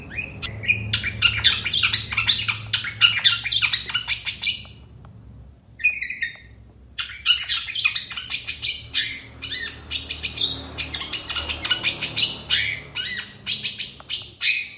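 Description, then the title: Long-tailed shrike song: rapid bursts of harsh, scratchy and chattering notes mixed with sharp chirps, pausing briefly midway before resuming, with a faint low hum beneath. Morning song, lively and varied, used as a tutor recording for training songbirds. "Cendet Gacor Dor Di Kala Pagi Toet Toet Variasi Suara. SUARA CENDET GACOR DOR SUARA MEWAH FULL ISIAN COCOK BUAT MASTERAN BURUNG KICAU"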